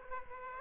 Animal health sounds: mosquito wingbeat signal from an infrared sensor; Aedes aegypti

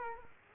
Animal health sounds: mosquito wingbeat signal from an infrared sensor; Culex quinquefasciatus

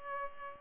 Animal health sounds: mosquito wingbeat signal from an infrared sensor; Culex pipiens

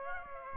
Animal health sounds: mosquito wingbeat signal from an infrared sensor; Aedes aegypti

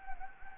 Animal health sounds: mosquito wingbeat signal from an infrared sensor; Anopheles gambiae

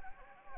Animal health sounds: mosquito wingbeat signal from an infrared sensor; Anopheles gambiae

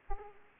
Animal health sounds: mosquito wingbeat signal from an infrared sensor; Aedes aegypti

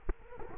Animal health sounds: mosquito wingbeat signal from an infrared sensor; Culex quinquefasciatus

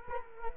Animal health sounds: mosquito wingbeat signal from an infrared sensor; Culex quinquefasciatus

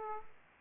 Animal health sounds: mosquito wingbeat signal from an infrared sensor; Aedes aegypti

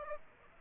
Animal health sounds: mosquito wingbeat signal from an infrared sensor; Aedes aegypti

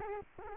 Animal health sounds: mosquito wingbeat signal from an infrared sensor; Aedes albopictus

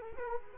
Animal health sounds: mosquito wingbeat signal from an infrared sensor; Culex quinquefasciatus

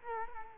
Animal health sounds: mosquito wingbeat signal from an infrared sensor; Culex quinquefasciatus

